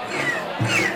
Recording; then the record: coughing mixed with background sound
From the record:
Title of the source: Cough Around the Clock!